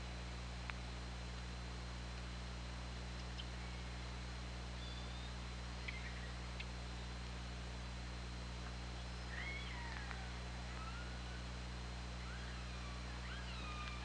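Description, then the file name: Killer whale calls: several faint upswept and downswept squeals scattered throughout, over a steady low electrical hum and hiss. Underwater hydrophone at OrcaLab, 24 August 2017, 20:45:57. "Orca Lab UTLN JASON 20170824 204557"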